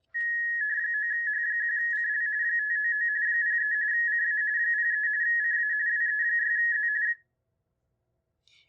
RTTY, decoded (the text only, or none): 9H1CL 599 03 CA 03 CA WE6Z